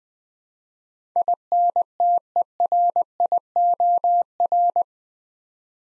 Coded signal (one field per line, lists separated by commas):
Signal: Morse code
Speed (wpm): 20 wpm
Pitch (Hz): 700 Hz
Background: none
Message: INTERIOR